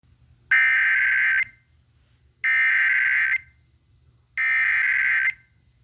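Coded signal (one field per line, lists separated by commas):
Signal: Emergency Alert System (SAME) tones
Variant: header bursts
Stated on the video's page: Severe thunderstorm warning for Durham County, NC, received on weather radio station WRKV.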